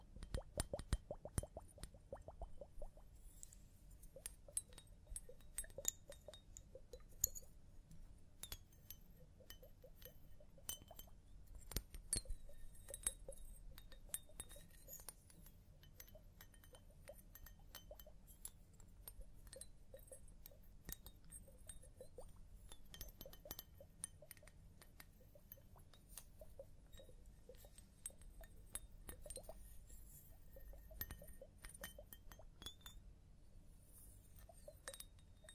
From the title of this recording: Personal Attention Scalp Massage, Hair Wash